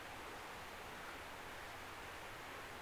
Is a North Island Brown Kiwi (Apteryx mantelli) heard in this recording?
no